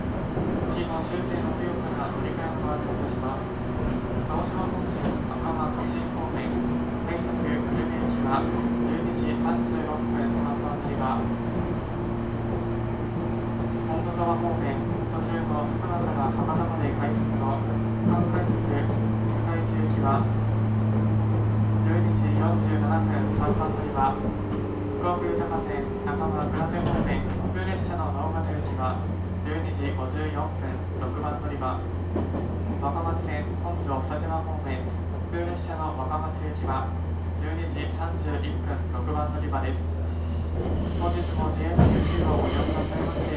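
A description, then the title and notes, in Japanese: Ride on a train running from Kyushu Institute of Technology-mae toward Orio and Honjo. A steady low motor hum holds throughout, its pitch shifting and dropping around the middle, under continuous murmuring voices. A sharp knock sounds near the end. 鹿児島本線・筑豊本線 九州工大前→折尾→本城。北九州市内の工業地帯を行くので貨物用の側線が多く並んでいて。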